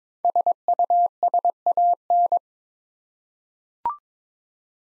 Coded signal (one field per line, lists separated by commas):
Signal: Morse code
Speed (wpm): 22 wpm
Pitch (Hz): 700 Hz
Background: none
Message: SUSAN